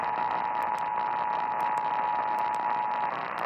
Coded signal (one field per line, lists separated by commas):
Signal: Emergency Alert System (SAME) tones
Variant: 853 and 960 Hz attention tone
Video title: SW MI Required Monthly Test (4/17/19)